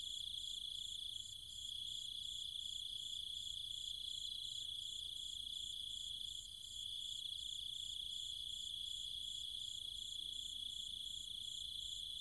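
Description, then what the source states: Cicadas drone in a shrill, unbroken chorus with a rapid pulsing rattle on top. Nighttime chorus of cicadas and other insects in trees and fields, countryside, Chiang Mai, Thailand.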